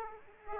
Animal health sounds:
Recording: mosquito wingbeat signal from an infrared sensor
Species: Aedes aegypti

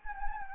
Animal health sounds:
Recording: mosquito wingbeat signal from an infrared sensor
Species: Anopheles gambiae

